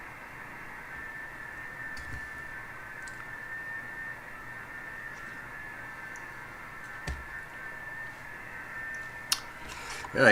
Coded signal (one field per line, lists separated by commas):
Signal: FT8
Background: speech